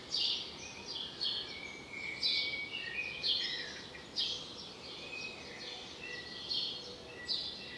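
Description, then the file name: Common blackbird: short hissy notes repeated about once a second, over steady background noise. "Turdus merula"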